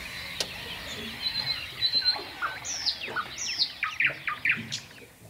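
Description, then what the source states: Nightingale song: varied whistles and sharp slurred notes. Several nightingales singing at first light at dawn on Møn, Denmark, an important bird area, with no traffic; they sing all night there.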